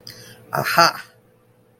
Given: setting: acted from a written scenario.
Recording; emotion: vocal sound without words; realization